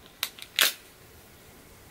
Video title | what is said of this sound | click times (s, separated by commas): Its easy to Install Sunglass Lenses! Watch how to do it for many different sunglass types! | perfect now you should hear a pop when removing the lens | 0.2 s